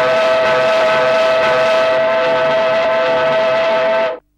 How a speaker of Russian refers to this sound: Громко навзрыд закричал паровоз.